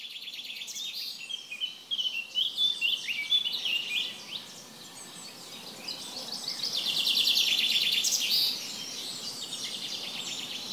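Bird song: a sequence of sharp high chirps, then a sustained rapid buzzy trill in the second half, with continuous background hiss.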